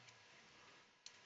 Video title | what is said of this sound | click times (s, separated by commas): MORE CRAZYNESS | It takes something like this, slides in, then locks in place. | 1.1 s